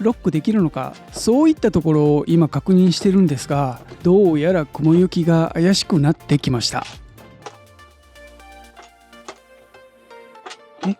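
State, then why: Not seated. Someone pulls the lever on the metal folding bracket of a finished small wooden table top to check whether it locks in the open position. They talk over music for about the first seven seconds, then a few light, sharp ticks and taps sound against the fading music. The bracket has not clicked or locked into the open position yet.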